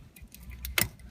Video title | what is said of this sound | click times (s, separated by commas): 2004 F-550 Ford Fuel Pump Replacement | Hear that click? That's how you know it's secure. | 0.8 s